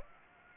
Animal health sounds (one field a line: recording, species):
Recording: mosquito wingbeat signal from an infrared sensor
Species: Anopheles gambiae